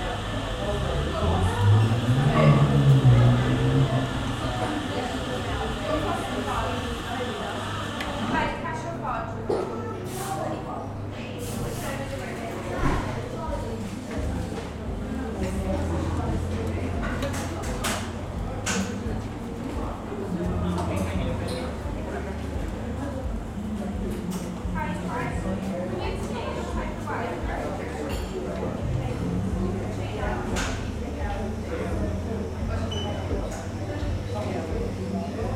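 A busy seaside-town coffee shop: a steady whirring machine sound runs through the first eight seconds, with a low rumble swelling near the start. After it stops, lively overlapping chatter continues, dotted with frequent sharp clinks of cups and dishes.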